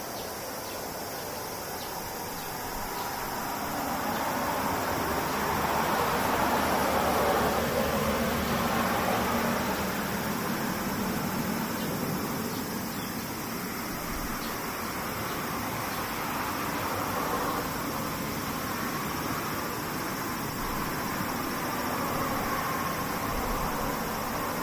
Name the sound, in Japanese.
セミ